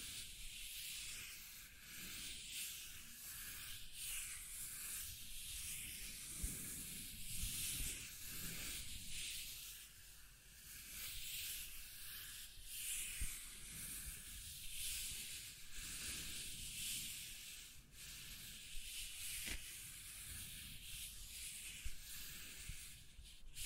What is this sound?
Scratching and Tracing Sounds